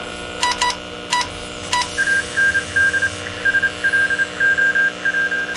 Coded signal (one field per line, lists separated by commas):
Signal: Morse code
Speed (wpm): 27 wpm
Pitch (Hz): 1600 Hz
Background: none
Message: AND SLOW